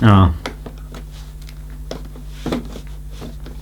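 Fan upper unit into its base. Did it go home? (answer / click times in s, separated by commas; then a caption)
no / none. A Dyson AM2 Hot & Cool fan's upper unit is twisted onto its plastic base, and someone talks briefly at the start. Several soft taps and small knocks follow, with the loudest at about 1.9 s and 2.5 s. No click is heard and the body has not clicked into the base, though it sits in place.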